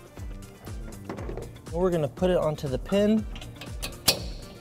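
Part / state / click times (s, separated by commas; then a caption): lock cap onto bike rack hitch pin / seated / 4.1 s. A locking cap is pushed onto the end of the hitch pin on the other side of the receiver on a Saris SuperClamp EX 2 bike rack while someone talks. It seats with a sharp click at 4.1 s, locking onto the pin.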